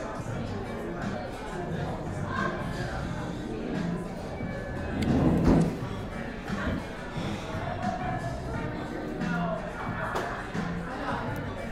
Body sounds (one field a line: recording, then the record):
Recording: background sound without coughing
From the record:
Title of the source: 60 minutes of coffee shop sounds for study and concentration